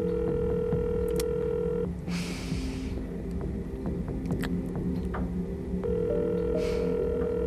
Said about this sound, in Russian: В телефоне раздаются длинные гудки.